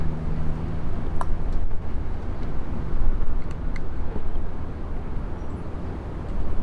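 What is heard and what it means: A second steel snap ring is fitted into the groove of a coil-over suspension part during pre-assembly for a 1964 Nova SS, with a steady low hum underneath. It snaps into the groove with a sharp click at 1.2 s and is seated.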